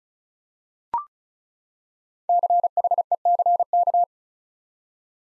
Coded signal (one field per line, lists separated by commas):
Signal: Morse code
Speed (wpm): 34 wpm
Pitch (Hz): 700 Hz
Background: none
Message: CHECK